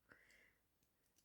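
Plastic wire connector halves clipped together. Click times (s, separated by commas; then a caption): 0.1 s. Two halves of a small plastic wire connector are pressed together, giving a single sharp click at 0.1 s followed by a faint tail and a couple of lighter ticks. The connector has clipped together and now holds.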